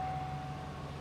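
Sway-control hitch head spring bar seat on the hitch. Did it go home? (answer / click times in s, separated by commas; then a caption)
no / none. A spring-bar seat on a sway-control hitch head is being handled as the tow vehicle pulls forward slightly so the hitch head drops into position, with the locking piece expected to click home on its own without hammering. A steady vehicle engine hum with a low drone and a faint tone is heard throughout. Nothing has seated or clicked yet.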